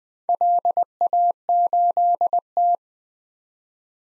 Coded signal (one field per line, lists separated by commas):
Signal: Morse code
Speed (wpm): 20 wpm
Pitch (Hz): 700 Hz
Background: none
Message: LA8T